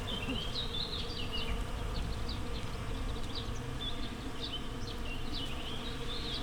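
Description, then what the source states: Bees humming in a continuous low buzz, overlaid by frequent high bird chirps and short whistled notes. Bees in a flowering rapeseed field, Słoneczna 9, Siemianowice Śląskie, Poland, Saturday 18 May 2019; starlings in background; Zoom H5 with Audio-Technica BP4025.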